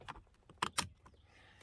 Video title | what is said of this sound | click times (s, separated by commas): Hyundai Azera Clockspring removal and install | And you heard that click right there. | 0.6 s